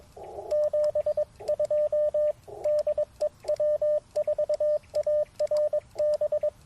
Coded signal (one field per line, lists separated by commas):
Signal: Morse code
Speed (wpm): 22 wpm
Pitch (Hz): 600 Hz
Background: radio noise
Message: 72 DEW4ARB